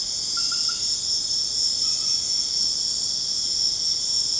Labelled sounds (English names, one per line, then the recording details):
none
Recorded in secondary vegetation near Puerto Asís, Putumayo, Colombia, on 12 March 2025 at 23:30
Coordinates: 0.485, -76.322
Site G040